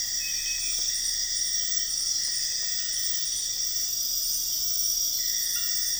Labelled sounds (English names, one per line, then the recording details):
none
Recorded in dense forest near Puerto Asís, Putumayo, Colombia, on 4 March 2025 at 03:30
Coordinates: 0.484, -76.325
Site G045